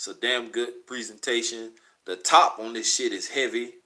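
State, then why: Not seated. A man talks while handling a heavy metal cap with a plastic inner part, about to put it on a gold fragrance bottle. Only his voice is heard, and nothing has seated or clicked yet.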